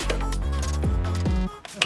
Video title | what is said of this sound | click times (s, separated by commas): 2020 Toyota Camry XSE Heated steering wheel retrofit | until I hear a click | 1.8 s